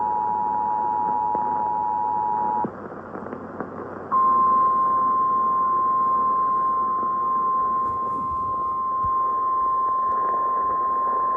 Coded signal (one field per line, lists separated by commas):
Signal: Emergency Alert System (SAME) tones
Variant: 853 and 960 Hz attention tone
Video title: EAS #2912 Flash Flood Warning on WTMJ-AM